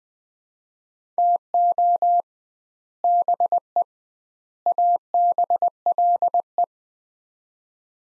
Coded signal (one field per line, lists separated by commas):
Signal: Morse code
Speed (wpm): 21 wpm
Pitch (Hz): 700 Hz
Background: none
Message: TO BE ABLE